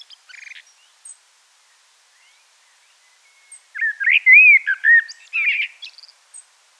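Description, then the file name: Common blackbird warbling song: a few faint high notes, then a burst of rich, fluty, twittering phrases in the second half, with quiet gaps between. "Turdus merula"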